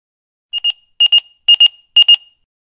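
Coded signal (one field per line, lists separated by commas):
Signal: pager alert tone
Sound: four double beeps, high pitched, repeating about twice a second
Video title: Emergency Pager Sound | Free Sound Effects | Home and Office Sounds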